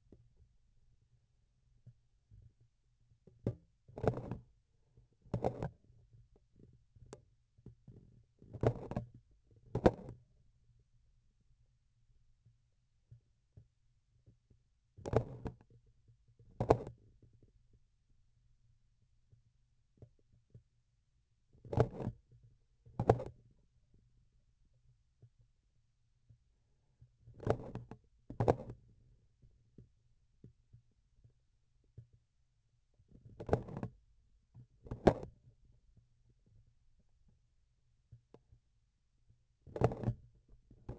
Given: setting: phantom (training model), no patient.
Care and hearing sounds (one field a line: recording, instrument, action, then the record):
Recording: laparoscopic instrument, vibration sensor on the handle end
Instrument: grasping forceps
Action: opening and closing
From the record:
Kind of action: tool actuation without material contact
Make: other than Olympus